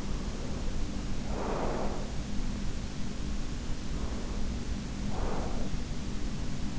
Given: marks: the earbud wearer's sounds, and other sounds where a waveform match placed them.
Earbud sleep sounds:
sounds in sleep by an in-ear microphone; breath
0.00-2.21 s: breath
3.97-5.97 s: breath

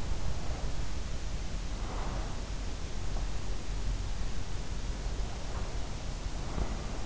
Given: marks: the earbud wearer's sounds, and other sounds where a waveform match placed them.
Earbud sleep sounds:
sounds in sleep by an in-ear microphone; breath
0.22-2.80 s: breath
5.01-7.06 s: breath

